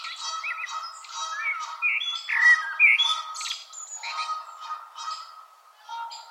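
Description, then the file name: Common blackbird giving rich, fluty warbles between two and three seconds, amid rapid chirping and twittering of other birds. "Turdus merula"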